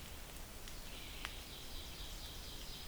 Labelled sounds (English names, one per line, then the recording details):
Ovenbird song
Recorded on 2 June 2016 at 06:45
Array SBT-3-7